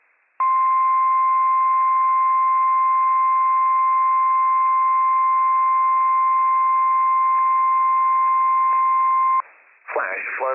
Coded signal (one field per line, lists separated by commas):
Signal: Emergency Alert System (SAME) tones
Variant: 1050 Hz attention tone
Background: speech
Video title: Flash Flood Warning - WWF56 - EAS #313 - 5:51 PM PDT 5/20/23